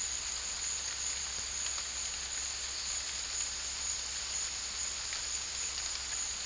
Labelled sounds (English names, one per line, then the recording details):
none
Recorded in secondary vegetation near Puerto Asís, Putumayo, Colombia, on 18 February 2024 at 13:30
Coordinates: 0.481, -76.323
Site G6376